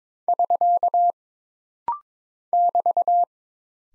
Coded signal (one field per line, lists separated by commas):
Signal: Morse code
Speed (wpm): 22 wpm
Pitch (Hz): 700 Hz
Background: none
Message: <SK> <BT>